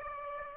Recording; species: mosquito wingbeat signal from an infrared sensor; Aedes aegypti